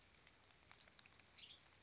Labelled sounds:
Western Tanager
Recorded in Sonoma County, California

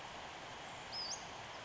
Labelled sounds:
Western Flycatcher
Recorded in Sonoma County, California

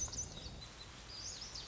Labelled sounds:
Lazuli Bunting
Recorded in Sonoma County, California

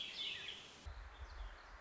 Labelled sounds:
Warbling Vireo
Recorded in Sonoma County, California

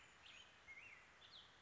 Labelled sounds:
Black-headed Grosbeak
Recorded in Sonoma County, California

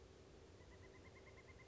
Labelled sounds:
Pileated Woodpecker
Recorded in Sonoma County, California

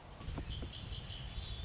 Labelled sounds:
Red-winged Blackbird
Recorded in Sonoma County, California

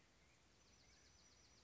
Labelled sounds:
Bewick's Wren
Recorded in Sonoma County, California

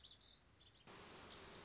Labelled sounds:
Lazuli Bunting
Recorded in Sonoma County, California

